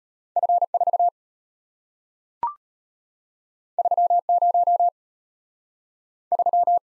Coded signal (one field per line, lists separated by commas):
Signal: Morse code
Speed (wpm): 34 wpm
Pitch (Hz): 700 Hz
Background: none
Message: F4 30 3